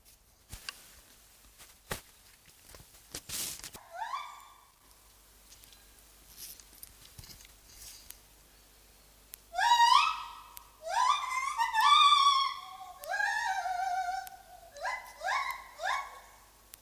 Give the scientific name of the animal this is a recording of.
Hylobates lar